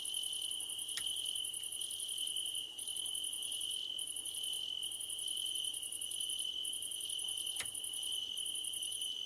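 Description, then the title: Crickets calling together, a constant high drone plus rapid, shrill pulsed trills in bursts; two faint clicks are heard. Night-time cricket ambience under a starlit sky. "Nighttime Ambience with Crickets"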